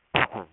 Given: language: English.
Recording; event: throat vibration sensor signal played as sound; cough